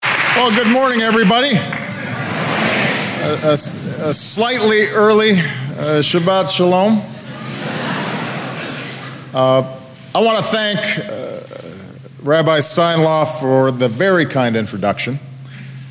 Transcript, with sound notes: Well, good morning, everybody!
Good morning!
A slightly early Shabbat Shalom. (Laughter.) I want to thank Rabbi Steinlauf for the very kind introduction.